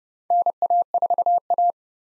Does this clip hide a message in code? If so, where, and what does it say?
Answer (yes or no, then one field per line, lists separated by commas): yes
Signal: Morse code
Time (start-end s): 0.3-1.7 s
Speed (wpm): 30 wpm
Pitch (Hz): 700 Hz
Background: none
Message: NA4A